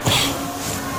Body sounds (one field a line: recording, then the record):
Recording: coughing mixed with background sound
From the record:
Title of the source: Spring Allergy Coughing